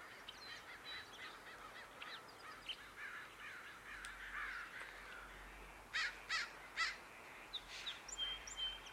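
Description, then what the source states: Crow caws: three harsh, loud caws in quick succession, with fainter calls before and after over a steady background hiss. January 22, 2022, along public footpaths at Dharma Rain Zen Center, recorded with a recording hat; crows dominate the wildlife sounds.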